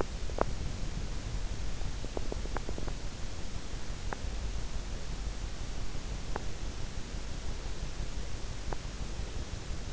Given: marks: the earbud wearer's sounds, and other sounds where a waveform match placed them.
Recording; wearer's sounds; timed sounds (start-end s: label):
sounds in sleep by an in-ear microphone; teeth grinding
0.00-0.51 s: teeth grinding
2.00-3.05 s: teeth grinding
4.05-4.17 s: teeth grinding
6.33-6.40 s: teeth grinding
8.70-8.77 s: teeth grinding